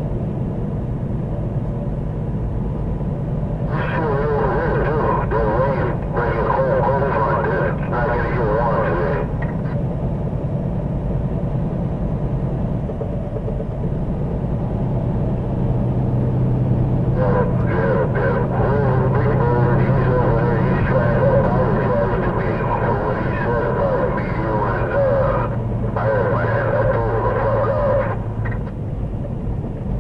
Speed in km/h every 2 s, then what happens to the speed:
92, 92, 92, 92, 93, 93, 95, 95, 97, 100, 103, 103, 97, 92, 89.
0-15 steady at about 92. 15-22 speeds up to 103. 22-30 slows to 89.